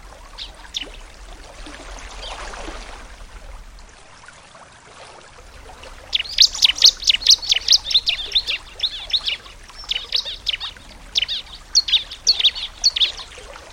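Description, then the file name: Bar-winged prinia song: after a quiet hissy start, a long run of fast high chirps in rapid clusters fills the second half. Nature therapy recording for a ciblek that has stopped singing ('macet'). "terapi alam ciblek macet"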